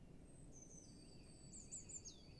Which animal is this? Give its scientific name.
Cyanistes caeruleus